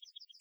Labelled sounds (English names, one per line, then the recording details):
Yellowhammer song
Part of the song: start
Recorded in the Czech Republic on 1 May 2015
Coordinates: 50.052, 16.163
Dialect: BE
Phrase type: C38
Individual ch005